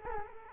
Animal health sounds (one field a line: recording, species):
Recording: mosquito wingbeat signal from an infrared sensor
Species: Culex quinquefasciatus